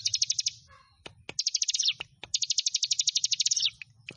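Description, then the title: Prinia singing fast, high-pitched rattling trills, three bursts separated by brief pauses, with scattered clicks and a low background hum. "Ciblek Sawah"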